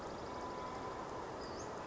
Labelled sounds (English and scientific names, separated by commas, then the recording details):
Western Flycatcher (Empidonax difficilis)
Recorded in Sonoma County, California